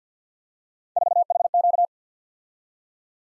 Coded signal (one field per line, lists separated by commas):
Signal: Morse code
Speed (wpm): 46 wpm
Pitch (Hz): 700 Hz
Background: none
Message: 4HQ